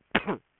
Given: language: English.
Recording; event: throat vibration sensor signal played as sound; cough